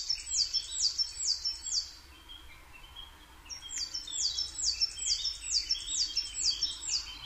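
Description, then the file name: Coal tit repeating high two-syllable song phrases, a short break, then a fresh run of the same quick phrases. Recorded 22 May 2010 at 17:33. "higara-20100522-1733"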